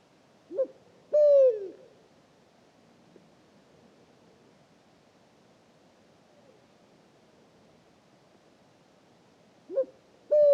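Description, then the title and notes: Pharaoh eagle-owl singing two-note hoots, one phrase at the start and the next about nine seconds later, short note leading into a long low falling hoot. Singing at night, 3 a.m., 8 March 2019, at Oued Enoicre, Mauritania; recorded with Tlp7 parabola and MixPre3 from about ten metres. "Grand-duc du désert - Mauritanie. 08 mars 2019-Oued Enoicre - Mauritanie. Il est 3h du matin. Le Grand-duc ascalaphe (Bubo ascalaphus) chante"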